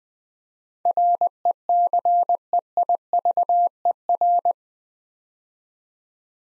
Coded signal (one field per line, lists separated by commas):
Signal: Morse code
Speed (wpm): 20 wpm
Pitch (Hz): 700 Hz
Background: none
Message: RECEIVER